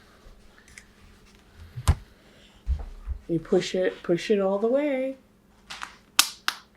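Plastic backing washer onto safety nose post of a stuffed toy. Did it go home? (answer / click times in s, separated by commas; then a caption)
yes / 6.2 s. Someone talks while pushing the plastic locking backing hard onto the ridged post of a teddy bear's safety nose through the fabric. At 6.2 s there is a sharp snap as the backing seats all the way down on the post.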